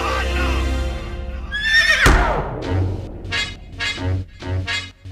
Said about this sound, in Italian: Un cavallo!